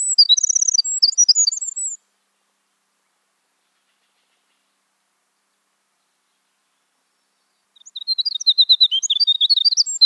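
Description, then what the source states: Wren song in two high, rapid bursts of sharp notes and quick trills, the first at the start and the second near the end, with silence between them. Winter.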